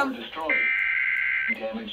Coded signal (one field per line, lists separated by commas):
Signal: Emergency Alert System (SAME) tones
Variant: header bursts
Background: speech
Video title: (BUNCHA TOR's BUNCHA FFW) NOAA Radio (EAS # 228-250) SVR's TOR's FFW's